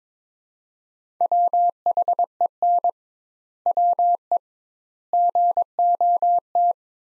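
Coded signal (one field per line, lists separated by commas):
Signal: Morse code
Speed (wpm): 22 wpm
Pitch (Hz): 700 Hz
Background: none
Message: WHEN WE GOT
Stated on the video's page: Morse practice sentences from the top 500 words at 22 wpm with 2x standard word spacing, a word-based method analogous to Farnsworth.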